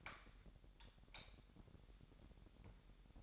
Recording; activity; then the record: daily activity, microphone in the room; light off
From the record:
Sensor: 3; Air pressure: 1011.9 hPa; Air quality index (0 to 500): 233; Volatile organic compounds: 5 ppm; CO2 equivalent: 1733 ppm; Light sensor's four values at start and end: 17/44/18/18 and 15/35/15/15